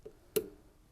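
A plastic wiring loom clamp is pushed into its mounting on a Beko washing machine motor during a motor replacement. It locks in with a sharp click at 0.4 s, followed by a brief ringing tail. A faint tick comes just before it at about 0.1 s, and the clamp ends up seated and locked in place.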